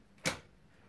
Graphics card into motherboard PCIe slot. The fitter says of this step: push did you hear that click